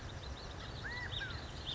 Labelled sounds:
California Quail (Callipepla californica)
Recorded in Sonoma County, California

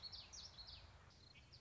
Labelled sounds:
Common Yellowthroat (Geothlypis trichas)
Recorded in Sonoma County, California

